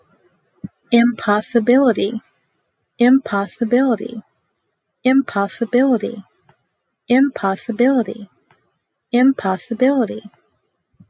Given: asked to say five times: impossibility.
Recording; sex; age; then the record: repeated word; female; 20 to 29 years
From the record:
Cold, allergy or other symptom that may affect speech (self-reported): no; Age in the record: 22 years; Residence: North Carolina, United States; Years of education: 16